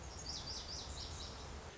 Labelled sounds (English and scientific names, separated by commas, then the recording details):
Lazuli Bunting (Passerina amoena)
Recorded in Sonoma County, California